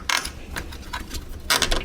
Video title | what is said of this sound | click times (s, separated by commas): The BEST Bike Rack for 3 HEAVY E-Bikes...100 lbs x 3 or 150 lbs x 2! The CRAVOT CyberRack S3. | hear it latching. | 0.1 s, 0.6 s, 0.9 s, 1.7 s